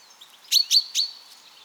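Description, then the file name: Common chaffinch uttering a quick series of three sharp, high clipped call notes, evenly spaced, with soft steady background noise. "Fringilla coelebs"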